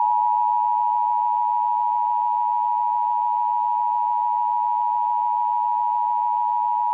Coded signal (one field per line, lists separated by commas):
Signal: Emergency Alert System (SAME) tones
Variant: 853 and 960 Hz attention tone